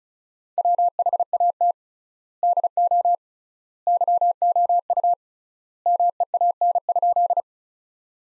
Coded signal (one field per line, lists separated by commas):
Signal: Morse code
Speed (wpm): 36 wpm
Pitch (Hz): 700 Hz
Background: none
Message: WHAT DO YOU MEAN?